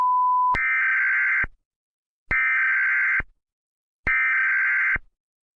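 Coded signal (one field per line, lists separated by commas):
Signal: Emergency Alert System (SAME) tones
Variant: header bursts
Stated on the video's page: Fictional EAS short film.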